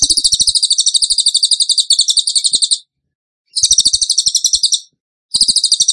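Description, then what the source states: Tembakan bird song: high, buzzy rattling trills in bursts of one to three seconds, separated by short silences, with faint low knocks beneath. Tutor song (masteran) of a bird in full, vigorous song (gacor).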